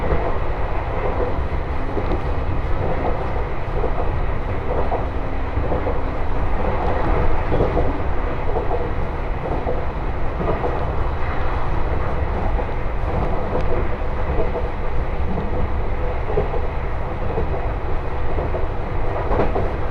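Riding inside a train on a main line, a steady, dense rumble of wheels and running gear fills the whole stretch at an even level. The sound is low and heavy, with a faint hum underneath and scattered light clicks and rattles throughout.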